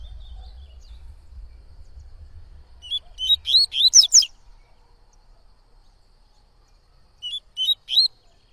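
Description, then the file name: Yellow-bellied seedeater singing a phrase of quick rising whistles and buzzy notes after a stretch of low rumble, then a shorter partial phrase a few seconds later. "canto de coleiro baiano"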